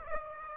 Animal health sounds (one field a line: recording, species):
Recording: mosquito wingbeat signal from an infrared sensor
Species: Aedes aegypti